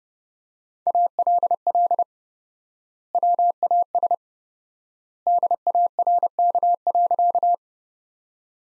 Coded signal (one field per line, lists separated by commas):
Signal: Morse code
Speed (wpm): 30 wpm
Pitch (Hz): 700 Hz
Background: none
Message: ALL WAS DARK.